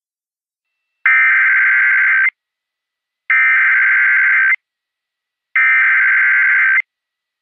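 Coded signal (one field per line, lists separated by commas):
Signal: Emergency Alert System (SAME) tones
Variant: header bursts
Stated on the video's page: Simulated EAS scenario based on real Flash Flood and Severe Thunderstorm Warnings.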